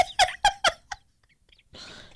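An adult woman's asthma cough: four quick, voiced cough bursts in about a second, then quiet and faint background noise. Her asthma is acting up and she has just started wheezing.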